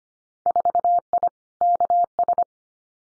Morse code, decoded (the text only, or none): 4I KS